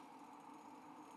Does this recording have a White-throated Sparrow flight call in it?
no